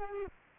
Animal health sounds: mosquito wingbeat signal from an infrared sensor; Culex pipiens

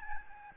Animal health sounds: mosquito wingbeat signal from an infrared sensor; Aedes albopictus

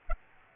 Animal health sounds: mosquito wingbeat signal from an infrared sensor; Aedes aegypti

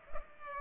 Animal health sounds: mosquito wingbeat signal from an infrared sensor; Culex pipiens

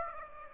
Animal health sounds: mosquito wingbeat signal from an infrared sensor; Aedes aegypti

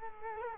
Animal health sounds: mosquito wingbeat signal from an infrared sensor; Culex quinquefasciatus

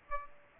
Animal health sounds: mosquito wingbeat signal from an infrared sensor; Aedes aegypti

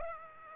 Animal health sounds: mosquito wingbeat signal from an infrared sensor; Aedes aegypti

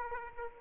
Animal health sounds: mosquito wingbeat signal from an infrared sensor; Aedes aegypti

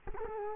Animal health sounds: mosquito wingbeat signal from an infrared sensor; Culex quinquefasciatus

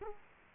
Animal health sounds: mosquito wingbeat signal from an infrared sensor; Culex quinquefasciatus

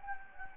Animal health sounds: mosquito wingbeat signal from an infrared sensor; Anopheles gambiae

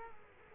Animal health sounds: mosquito wingbeat signal from an infrared sensor; Culex quinquefasciatus

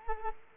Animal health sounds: mosquito wingbeat signal from an infrared sensor; Culex quinquefasciatus

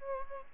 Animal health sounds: mosquito wingbeat signal from an infrared sensor; Aedes albopictus

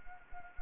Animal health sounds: mosquito wingbeat signal from an infrared sensor; Anopheles arabiensis

